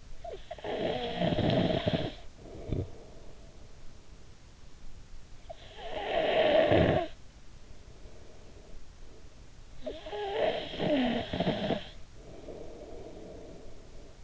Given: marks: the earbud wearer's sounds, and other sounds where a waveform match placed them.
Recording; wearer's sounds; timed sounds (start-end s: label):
sounds in sleep by an in-ear microphone; snoring breath
0.00-4.66 s: snoring breath
5.15-9.14 s: snoring breath
9.48-14.24 s: snoring breath